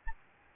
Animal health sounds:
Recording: mosquito wingbeat signal from an infrared sensor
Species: Aedes albopictus

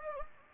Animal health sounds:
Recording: mosquito wingbeat signal from an infrared sensor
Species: Anopheles gambiae

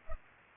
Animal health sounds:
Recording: mosquito wingbeat signal from an infrared sensor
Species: Culex pipiens

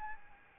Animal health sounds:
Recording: mosquito wingbeat signal from an infrared sensor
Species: Aedes albopictus

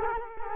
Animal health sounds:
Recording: mosquito wingbeat signal from an infrared sensor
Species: Culex quinquefasciatus

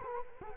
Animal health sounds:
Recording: mosquito wingbeat signal from an infrared sensor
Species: Culex quinquefasciatus

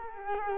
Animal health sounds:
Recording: mosquito wingbeat signal from an infrared sensor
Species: Culex quinquefasciatus

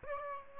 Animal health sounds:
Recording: mosquito wingbeat signal from an infrared sensor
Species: Aedes aegypti

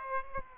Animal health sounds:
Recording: mosquito wingbeat signal from an infrared sensor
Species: Aedes aegypti

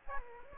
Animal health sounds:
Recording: mosquito wingbeat signal from an infrared sensor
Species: Aedes aegypti

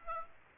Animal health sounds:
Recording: mosquito wingbeat signal from an infrared sensor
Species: Aedes aegypti

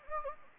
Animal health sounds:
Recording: mosquito wingbeat signal from an infrared sensor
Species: Anopheles gambiae

